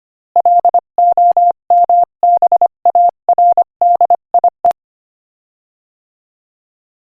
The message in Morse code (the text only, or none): LOMBARDIE